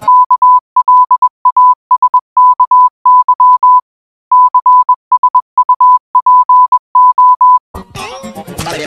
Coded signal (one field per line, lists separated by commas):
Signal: Morse code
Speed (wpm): 21 wpm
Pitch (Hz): 1000 Hz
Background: none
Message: KLASKY CSUPO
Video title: Morse Code Csupo (Klasky Csupo in Morse Code)